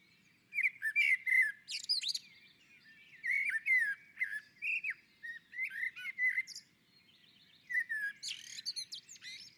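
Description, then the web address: Common blackbird singing several phrases, each a low rich warble that breaks into a thin, scratchy high flourish, with short pauses between. On a roof. "Naturinspelningar Koltrast på taket"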